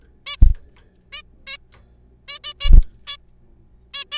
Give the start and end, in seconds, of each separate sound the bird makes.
0.26-0.36, 1.12-1.22, 1.47-1.57, 2.28-2.38, 2.44-2.54, 2.60-2.70, 3.07-3.17, 3.94-4.04, 4.12-4.18